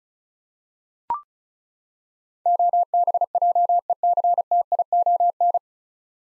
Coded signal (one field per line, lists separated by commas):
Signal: Morse code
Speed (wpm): 34 wpm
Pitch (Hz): 700 Hz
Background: none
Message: OBJECTION